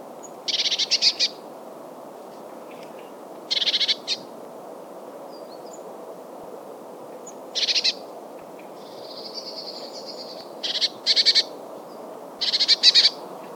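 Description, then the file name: Eurasian blue tit giving repeated harsh churring calls: several short rattling bursts at irregular intervals, plus a thin high trill in between, with steady low background noise. "Cyanistes caeruleus"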